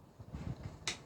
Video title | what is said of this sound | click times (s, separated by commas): 🧹MiJia Robot Vacuum Cleaner 1C Unbox, Setup & Operation 米家掃拖機器人1C 開箱 設定 應用(English sub & 正/简中文字幕) | Here are 2 metallic connectors. Slide until you hear a click sound. | 0.9 s